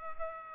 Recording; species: mosquito wingbeat signal from an infrared sensor; Culex pipiens